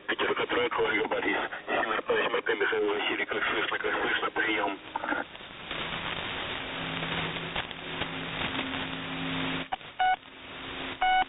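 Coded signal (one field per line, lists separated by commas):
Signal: coded military voice message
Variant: The Pip, Russian voice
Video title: The Pip | 18th August 2023 | "Dlya" Voice Message 2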